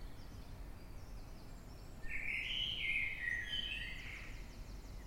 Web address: Blackbird Dead Of Night. in-the-dead-of-night-london-uk-on-9 th-march-2026-at-3-50 am-by-eleanor-mcdowall